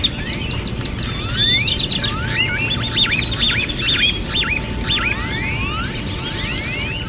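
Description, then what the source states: Grackle calls: many birds at once giving rising whistles and squeaky upslurred notes, overlapping in a dense chorus, with a steady tone beneath. Many gathering at dusk ('grackle hour') in Austin, Texas, making a loud collective noise.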